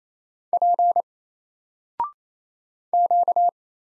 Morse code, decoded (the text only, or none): P Q